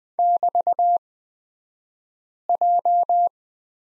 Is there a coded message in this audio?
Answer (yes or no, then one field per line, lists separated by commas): yes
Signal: Morse code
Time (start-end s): 0.2-3.3 s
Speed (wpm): 20 wpm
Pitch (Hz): 700 Hz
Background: none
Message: <BT>J